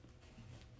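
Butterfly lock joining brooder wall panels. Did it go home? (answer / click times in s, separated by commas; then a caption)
no / none. A plastic butterfly lock piece is handled and set in at an angle to join the wall panels of a Hatching Time Cimuka four-layer chick brooder, 9.5 inches high. Only a steady low rumble and soft handling noise are heard, with no sharp transient. Nothing has seated or clicked yet.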